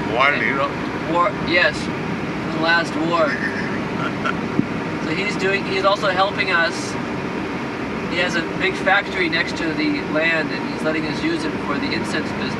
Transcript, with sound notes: War hero?
Yes. In the last war. [Prabhupāda laughs] So he is also helping us. He has a big factory next to the land, and he's letting us use it for the incense business.